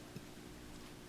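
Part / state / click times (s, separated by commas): pin tumbler in padlock plug / not seated / none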